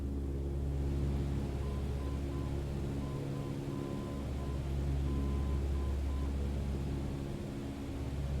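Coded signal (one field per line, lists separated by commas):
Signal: Morse code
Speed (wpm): 7 wpm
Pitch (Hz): 1020 Hz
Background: none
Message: SFD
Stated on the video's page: Navigation beacon ident heard during a simulated flight lesson on NDB/VOR tracking.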